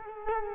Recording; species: mosquito wingbeat signal from an infrared sensor; Culex quinquefasciatus